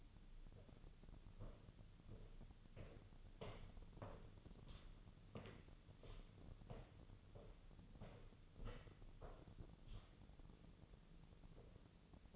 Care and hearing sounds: daily activity, microphone in the room; walk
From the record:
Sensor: 4

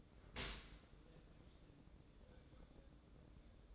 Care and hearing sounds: daily activity, microphone in the room; open dishwasher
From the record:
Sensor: 3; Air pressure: 1012.3 hPa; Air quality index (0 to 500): 159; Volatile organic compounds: 2 ppm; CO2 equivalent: 1221 ppm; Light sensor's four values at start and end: 476/1168/481/475 and 477/1170/482/476

